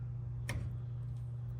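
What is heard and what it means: A wrench or socket turned on a brake bleeder screw on a brake caliper or wheel cylinder of a 1957 Chevy wagon slips with a single sharp metallic click at 0.5 s over a steady low hum. The bleeder screw is stripped and does not work.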